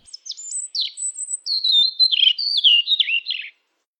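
Robin song, one phrase of high thin whistles sliding into a run of rapid falling and warbled notes, lasting about three seconds before silence.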